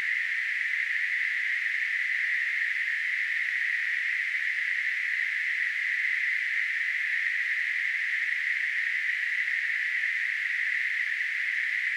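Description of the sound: Simulated tinnitus: a steady, unbroken hiss of narrow-band noise centred near 2 kHz, holding the same loudness from start to finish.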